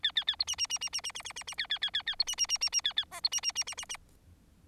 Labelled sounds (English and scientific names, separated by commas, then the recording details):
Bengalese Finch (Lonchura striata domestica) song
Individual Bird4